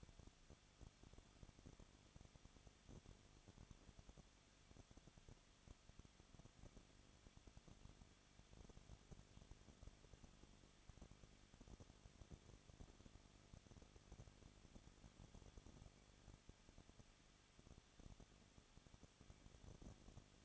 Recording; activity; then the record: daily activity, microphone in the room; no activity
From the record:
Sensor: 4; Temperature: 23.0 degrees Celsius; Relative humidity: 34.6%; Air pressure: 1007.3 hPa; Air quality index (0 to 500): 216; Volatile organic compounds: 15 ppm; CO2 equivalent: 2511 ppm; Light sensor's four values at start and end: 2/3/1/1 and 2/3/1/1